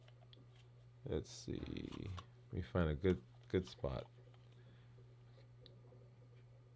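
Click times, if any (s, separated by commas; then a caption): none. Someone talks while positioning a spring-loaded applicator for a continuous glucose monitor sensor on the skin, looking for a good spot before pressing its button. Only speech and a few faint ticks are heard over a steady low hum. The applicator has not fired yet, and nothing has seated or clicked.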